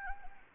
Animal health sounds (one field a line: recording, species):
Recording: mosquito wingbeat signal from an infrared sensor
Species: Anopheles gambiae